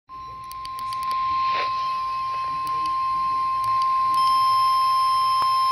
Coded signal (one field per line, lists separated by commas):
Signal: Emergency Alert System (SAME) tones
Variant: 1050 Hz attention tone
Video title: ILM Severe Thunderstorm Warning on KHB31 & TV EAS - 775-776